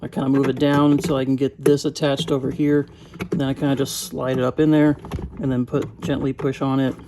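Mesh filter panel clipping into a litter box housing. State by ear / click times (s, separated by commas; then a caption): not seated / none. A plastic mesh filter panel for a Choueer Choubox litter box is moved down, attached, slid up into the litter box housing and gently pushed so that its clip will snap onto the tab below. Someone talks throughout, with only faint handling noise under the speech. The clip ends before the part goes home, and nothing has seated or clicked yet.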